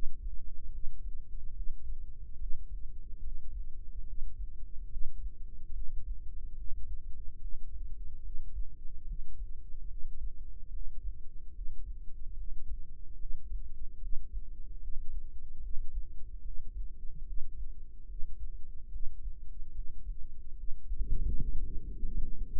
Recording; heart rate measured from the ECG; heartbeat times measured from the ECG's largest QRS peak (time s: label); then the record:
heart sounds by microphone in the right ear; 73 bpm
0.68 s: heartbeat
1.51 s: heartbeat
2.35 s: heartbeat
3.18 s: heartbeat
4.02 s: heartbeat
4.86 s: heartbeat
5.70 s: heartbeat
6.53 s: heartbeat
7.36 s: heartbeat
8.19 s: heartbeat
9.02 s: heartbeat
9.85 s: heartbeat
10.68 s: heartbeat
11.50 s: heartbeat
12.32 s: heartbeat
13.15 s: heartbeat
13.96 s: heartbeat
14.77 s: heartbeat
15.58 s: heartbeat
16.39 s: heartbeat
17.22 s: heartbeat
18.04 s: heartbeat
18.87 s: heartbeat
19.69 s: heartbeat
20.52 s: heartbeat
21.35 s: heartbeat
22.19 s: heartbeat
From the record:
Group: healthy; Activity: breath hold 0-21 s, rest 21-23 s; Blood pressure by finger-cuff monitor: 102/62 mmHg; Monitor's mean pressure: 78 mmHg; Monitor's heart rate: 73 bpm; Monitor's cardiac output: 6.2 L/min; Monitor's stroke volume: 86 mL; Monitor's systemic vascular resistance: 900 dyn s/cm5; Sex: female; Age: 26 years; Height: 165 cm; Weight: 55 kg